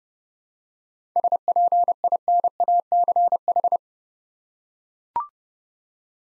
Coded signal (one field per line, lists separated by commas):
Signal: Morse code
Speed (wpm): 30 wpm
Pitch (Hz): 700 Hz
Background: none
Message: SPINACH